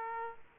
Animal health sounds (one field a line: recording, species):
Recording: mosquito wingbeat signal from an infrared sensor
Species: Aedes aegypti